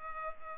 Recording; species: mosquito wingbeat signal from an infrared sensor; Culex pipiens